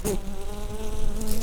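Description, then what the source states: Red-tailed bumblebee buzzing: a steady, low droning hum with even overtones that holds throughout, slightly wavering in loudness. Queen.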